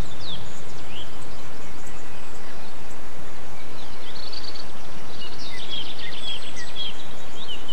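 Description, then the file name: Birds calling with scattered high chirps, then a livelier burst of twittering and whistled notes in the second half, over continuous low rumbling noise. Recorded 8 April 2007 on an MZ-N710 recorder. "MZ-N 710 Chants d oiseaux 8 04 07 extrait"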